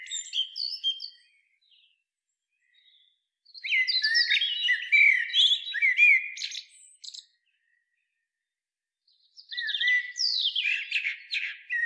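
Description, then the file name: Eurasian blackbird delivering three bouts of busy, chattering high notes and brief whistles, with silent gaps of a few seconds between them. "Turdus merula"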